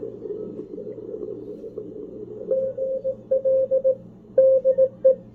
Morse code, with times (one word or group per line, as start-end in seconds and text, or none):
2.5-3.9 GL
4.4-5.1 DE